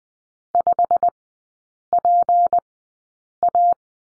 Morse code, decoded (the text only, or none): 5PA